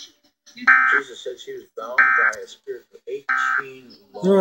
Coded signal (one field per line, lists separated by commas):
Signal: Emergency Alert System (SAME) tones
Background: speech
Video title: Severe Thunderstorm Warning FOR MY COUNTY (384-386